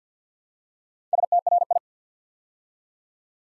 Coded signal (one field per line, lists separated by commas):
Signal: Morse code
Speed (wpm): 50 wpm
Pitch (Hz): 700 Hz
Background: none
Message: STRI